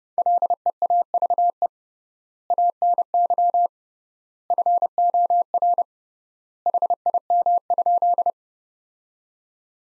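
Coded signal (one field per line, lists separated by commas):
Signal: Morse code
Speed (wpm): 30 wpm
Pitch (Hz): 700 Hz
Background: none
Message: LEAVE ANY FOR HIM?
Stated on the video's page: Morse practice sentences from the top 400 words at 30 wpm, sent with 3x standard word spacing, a Farnsworth-like method.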